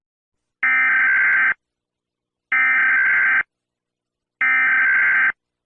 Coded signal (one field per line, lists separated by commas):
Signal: Emergency Alert System (SAME) tones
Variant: header bursts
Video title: EAS Scenario in America (Nuclear War)